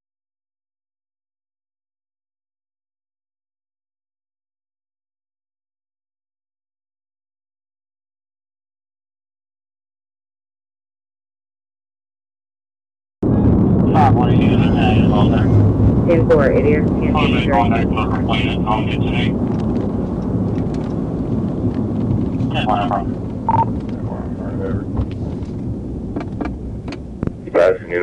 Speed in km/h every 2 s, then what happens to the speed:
130, 129, 130, 134, 137, 137, 130, 114, 101, 90, 69, 47, 24, 0.
0-11 steady at about 130. 11-26 brakes to 0.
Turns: none.